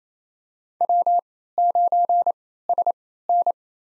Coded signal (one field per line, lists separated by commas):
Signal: Morse code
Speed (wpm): 28 wpm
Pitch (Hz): 700 Hz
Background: none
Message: W9SN